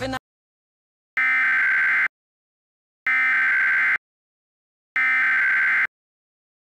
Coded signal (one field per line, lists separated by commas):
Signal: Emergency Alert System (SAME) tones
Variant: header bursts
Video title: EAS Scenario - The Fog Is Coming